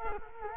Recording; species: mosquito wingbeat signal from an infrared sensor; Culex quinquefasciatus